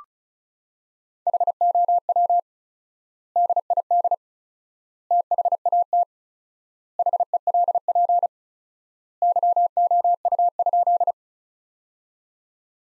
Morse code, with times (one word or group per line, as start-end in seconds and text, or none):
1.3-2.4 HOW
3.4-4.1 DID
5.1-6.0 THAT
7.0-8.3 HELP
9.2-11.1 YOU?